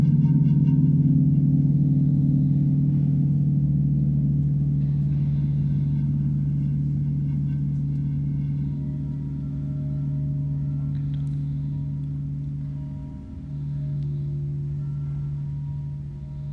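Crystal and singing bowls hum with a deep, steady low drone that fills the whole clip, sustained and slowly pulsing. Thin higher ringing tones float above it, with a few brief bright bell-like touches around eleven seconds and a small dip near thirteen.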